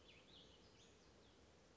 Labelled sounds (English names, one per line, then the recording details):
Western Flycatcher
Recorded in Sonoma County, California